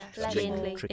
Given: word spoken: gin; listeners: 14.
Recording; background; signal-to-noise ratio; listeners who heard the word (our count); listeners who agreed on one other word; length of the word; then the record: one English word in noise, from a listening test; four-talker babble; -1.5 dB; 1 of 14; 6 of 14; 0.53 s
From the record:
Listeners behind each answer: 6, 3, 1, 1, 1, 1, 1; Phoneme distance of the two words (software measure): 44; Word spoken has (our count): 1 syllable, 3 phonemes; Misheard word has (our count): 2 syllables, 5 phonemes, stress on syllable 1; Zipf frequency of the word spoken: 3.89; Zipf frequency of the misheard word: 4.66